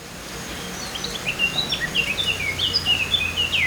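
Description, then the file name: Eurasian blackcap song, a fast warbling series of high chirps and clear whistles that grows louder, with a low background hum. "Sylvia atricapilla"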